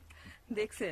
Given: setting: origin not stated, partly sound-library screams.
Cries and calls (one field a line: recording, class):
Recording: one-second piece from a danger detection set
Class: normal situation